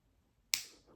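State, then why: Seated. The top half of a silicone band is pressed into the case lug of a Samsung Galaxy Watch Ultra smartwatch, the second band piece to go on. After a quiet start, a single sharp, bright snap lands at 0.5 s and rings off over a few tenths of a second, with a faint softer sound near 0.9 s. The band seats securely in the lug.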